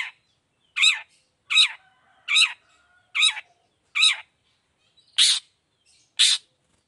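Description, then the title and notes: Long-tailed shrike call series: several rough, buzzy notes repeated roughly every three quarters of a second. Cendet singing gacor (nonstop) in the morning with 'toet toet' voice variations; offered as a clear, varied song for other cendet to imitate. "Cendet Gacor Dor Di Kala Pagi Toet Toet Variasi Suara. Efektif Cendet Gacor Suara Jernih Full Variasi Sangat Mudah Di Tiru Cendet Jenis Apapun. Burung cendet"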